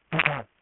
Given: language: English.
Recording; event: throat vibration sensor signal played as sound; throat clearing